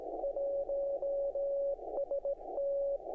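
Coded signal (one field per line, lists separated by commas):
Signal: Morse code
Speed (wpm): 17 wpm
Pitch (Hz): 560 Hz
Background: none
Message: 1ST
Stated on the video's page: Straight Key Sprint Asia contest CW sent slowly on straight keys, bugs or cooties; recorded from rig audio, with distorted transmit monitor tone.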